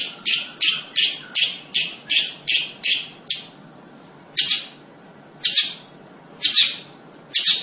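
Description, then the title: Long-tailed shrike calling: a quick run of about nine harsh, grating notes, then four more spaced well apart. Singing lively, described by the Indonesian term gacor. "Cendet Gacor"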